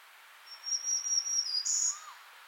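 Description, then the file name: Black-throated green warbler song of several high, wheezy buzzes that dip slightly, then end on a higher buzzy note; a faint lower whistle sounds briefly as it ends. "Setophaga virens - Black-throated Green Warbler"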